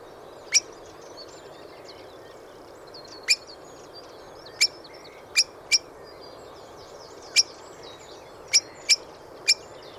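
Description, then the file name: Eurasian blackbird calls: sharp clicking notes, single or in close pairs and triplets, spaced irregularly. Quiet twittering of other birds in the background. "Turdus merula"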